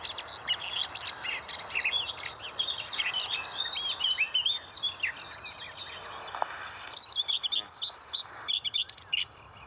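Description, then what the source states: Common Whitethroat mimicking song, a dense jumble of varied chirps, trills and whistles changing tone constantly. Song packed with imitations: oystercatcher, European serin, Western Bonelli's warbler, blue tit, little ringed plover, common linnet, yellow wagtail and white wagtail within the first six seconds, a cacophony of tones.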